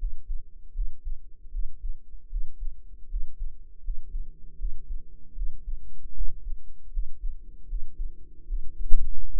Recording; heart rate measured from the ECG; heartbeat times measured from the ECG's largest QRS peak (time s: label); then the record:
heart sounds by microphone in the right ear; 77 bpm
0.72 s: heartbeat
1.49 s: heartbeat
2.27 s: heartbeat
3.07 s: heartbeat
3.81 s: heartbeat
4.56 s: heartbeat
5.33 s: heartbeat
6.12 s: heartbeat
6.90 s: heartbeat
7.66 s: heartbeat
8.45 s: heartbeat
9.27 s: heartbeat
From the record:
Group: healthy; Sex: female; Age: 22 years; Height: 160 cm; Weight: 45 kg